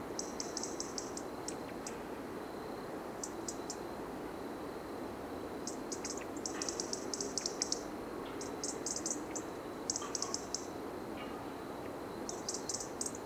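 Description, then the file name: European robin ticking calls, short bursts of rapid high clicks repeated irregularly throughout, over a steady hiss of background noise. "Erithacus rubecula"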